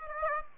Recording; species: mosquito wingbeat signal from an infrared sensor; Aedes aegypti